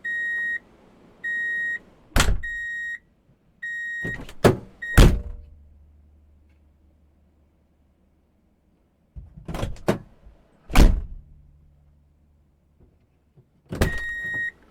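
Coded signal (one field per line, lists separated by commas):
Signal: alarm pattern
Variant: vehicle reverse warning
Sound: steady high beeps repeating about once a second, broken by car door thunks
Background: car door thunks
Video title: Free Drive in Reverse Beep Alert Sound Effect [Transportation]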